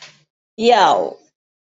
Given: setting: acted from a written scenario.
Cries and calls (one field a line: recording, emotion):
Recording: vocal sound without words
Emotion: anger